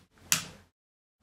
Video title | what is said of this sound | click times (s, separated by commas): Jekkestropper 👉👉👉 Hvordan feste og løsne en jekkestropp | brækker den helt bagover indtil den siger klik og så kan du lige så lidt tage den fra hende hinanden | 0.3 s